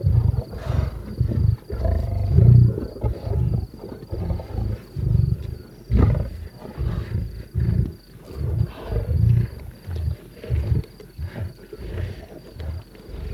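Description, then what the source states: Lion growling almost continuously, low and rumbling, with rough pulsing bursts through the whole stretch. Lion eating a zebra.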